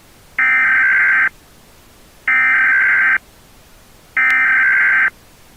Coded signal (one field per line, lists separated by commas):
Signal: Emergency Alert System (SAME) tones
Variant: header bursts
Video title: EAS Alarm caught on video